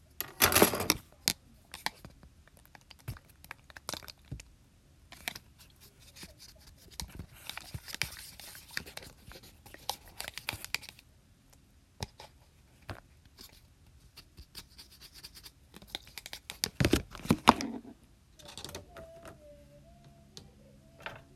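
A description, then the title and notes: Dry scratching and tapping, with dense bursts of rustling and crinkling around 0.5 seconds, 7–11 seconds and 17 seconds. Quieter clicks and taps fill the gaps, and a soft wavering tone appears near the end. Tapping. Scratching. Foam sounds. Just not talking.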